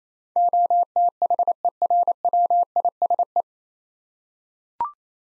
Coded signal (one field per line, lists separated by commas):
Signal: Morse code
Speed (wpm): 28 wpm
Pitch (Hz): 700 Hz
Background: none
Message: OTHERWISE